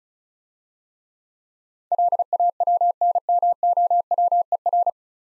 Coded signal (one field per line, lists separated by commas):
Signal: Morse code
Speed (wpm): 38 wpm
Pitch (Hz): 700 Hz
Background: none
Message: LAWNMOWER